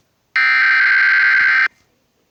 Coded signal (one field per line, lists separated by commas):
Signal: Emergency Alert System (SAME) tones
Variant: header bursts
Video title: Tornado Warning EAS Scenario